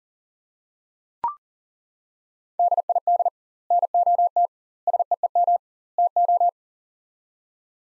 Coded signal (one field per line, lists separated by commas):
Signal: Morse code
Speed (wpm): 40 wpm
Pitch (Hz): 700 Hz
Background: none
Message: DID NOT SEEM TO